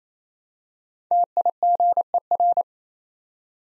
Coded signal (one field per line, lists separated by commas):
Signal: Morse code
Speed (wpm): 27 wpm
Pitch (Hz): 700 Hz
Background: none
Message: TIGER